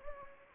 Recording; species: mosquito wingbeat signal from an infrared sensor; Anopheles gambiae